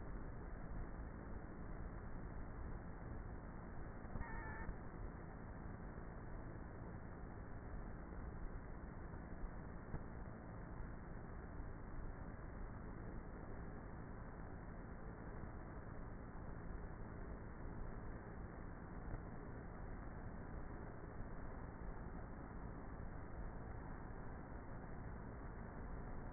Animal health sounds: honeybee colony, microphone inside the hive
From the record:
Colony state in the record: queenless with a low population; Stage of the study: before two queens were removed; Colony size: about 30,000 bees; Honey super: no

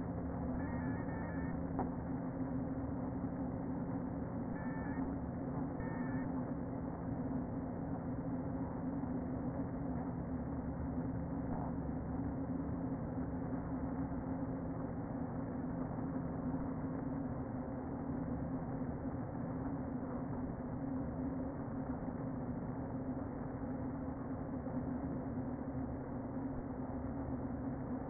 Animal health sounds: honeybee colony, microphone inside the hive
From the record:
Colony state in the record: queen present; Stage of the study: before two queens were removed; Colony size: about 60,000 bees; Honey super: yes

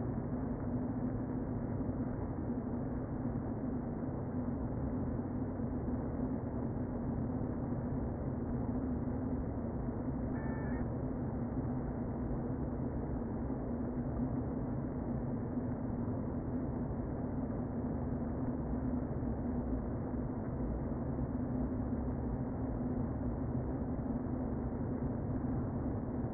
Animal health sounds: honeybee colony, microphone inside the hive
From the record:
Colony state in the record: queen present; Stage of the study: before two queens were removed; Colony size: about 60,000 bees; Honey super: yes

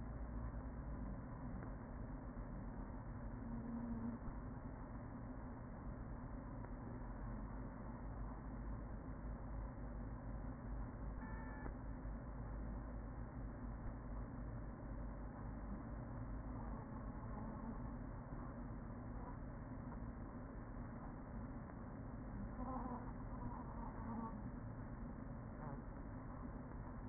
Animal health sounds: honeybee colony, microphone inside the hive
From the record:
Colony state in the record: queen present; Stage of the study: after two queens were removed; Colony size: about 40,000 bees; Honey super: no

